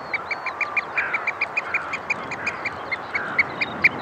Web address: BBC. oyster catcher calls with skylark and heavy sea in background